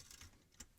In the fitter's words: You hear a click, and that's it.